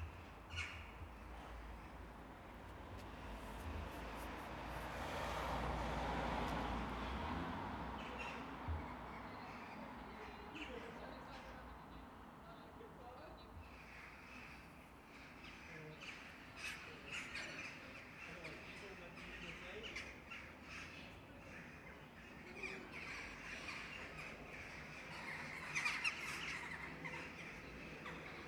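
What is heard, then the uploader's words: A flock of crows gathers around a park at dusk, harsh caws and squawks breaking out every few seconds. A low rumble swells and fades near the start like a passing vehicle, and the calls cluster more densely toward the end. Suburban quiet. I pursued flocking corvids about the park around sunset. Only caught their chatter at its most fragmentary really.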